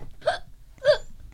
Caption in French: CM2 Saint-Ségal, Nasreddin, le hoquet. Les CM2 de Saint-Ségal nous présentent une nouvelle de Nasreddin.